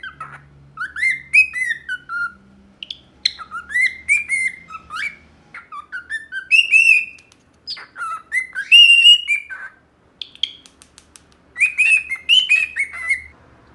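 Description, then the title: Cockatiel whistling song, a string of bright rising and falling whistled phrases mixed with short chirps, continuing in bursts with small gaps. Song for training a pet cockatiel. "Canto De 1 Hora Para Treinar Calopsita"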